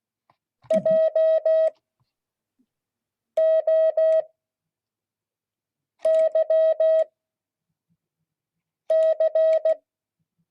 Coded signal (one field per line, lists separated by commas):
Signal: Morse code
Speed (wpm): 16 wpm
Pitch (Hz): 640 Hz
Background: none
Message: J O Y C